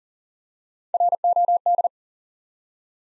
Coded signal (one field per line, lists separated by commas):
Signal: Morse code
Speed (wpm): 38 wpm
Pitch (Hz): 700 Hz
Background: none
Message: ROD